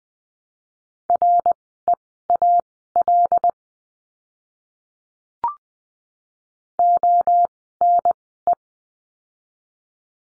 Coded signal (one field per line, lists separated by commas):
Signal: Morse code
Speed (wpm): 19 wpm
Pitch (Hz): 700 Hz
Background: none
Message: REAL ONE